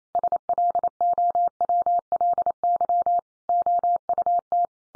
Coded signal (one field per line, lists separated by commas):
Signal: Morse code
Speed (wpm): 28 wpm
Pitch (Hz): 700 Hz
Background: none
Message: SLOWLY OUT